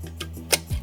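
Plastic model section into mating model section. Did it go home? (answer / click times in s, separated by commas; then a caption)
yes / 0.2 s, 0.5 s. Two built sections of a plastic starship model kit, one carrying LEDs, are pushed together by hand before screws are added. Two sharp plastic snaps sound at 0.2 s and a louder one at 0.5 s over a steady low hum, followed by a brief low rumble. The sections have snapped into place.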